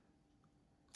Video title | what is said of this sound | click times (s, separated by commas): Review: Leatherman Signal Multi Tool | making up and pull it back and it clicks back in that's a back secure a DH | 0.9 s